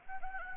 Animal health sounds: mosquito wingbeat signal from an infrared sensor; Anopheles gambiae

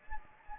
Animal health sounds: mosquito wingbeat signal from an infrared sensor; Anopheles gambiae

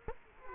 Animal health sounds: mosquito wingbeat signal from an infrared sensor; Culex quinquefasciatus

